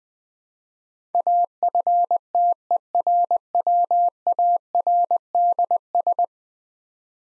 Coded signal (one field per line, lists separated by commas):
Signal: Morse code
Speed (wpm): 20 wpm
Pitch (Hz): 700 Hz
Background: none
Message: AFTERWARDS